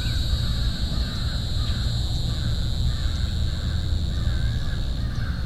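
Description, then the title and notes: Crow cawing faintly, partly masked by a steady shrill cicada drone and heavy low rumbling noise. Crows heard together with a cicada. "Crows & Cicada by Christie Mullen"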